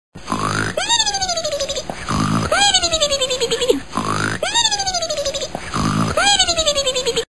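A buzzing, rattling snore alternates with a high whistling tone that slides downward, in about four quick cycles. The same pair of breaths repeats as a loop. It sounds like a stylized snoring sound effect of everyday life.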